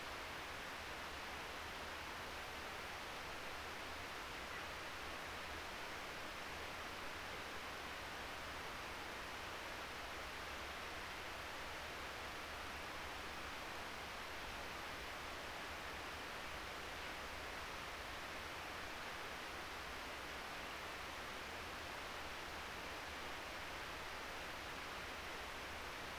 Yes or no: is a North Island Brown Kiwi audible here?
no